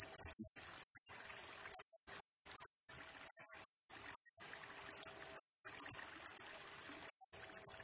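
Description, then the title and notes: Blue-crowned hanging parrot giving very high, thin squeaky notes in short bursts, in quick clusters separated by brief pauses. Lure and master-training recording of vigorously singing blue-crowned hanging parrot, meant to provoke and stir up other birds. "Burung Serindit Nembak Gacor Bikin Emosi Semua Burung. Suara Nasteran Dan Pemikat Burung Serinditan Gacor"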